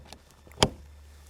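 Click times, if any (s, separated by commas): 0.6 s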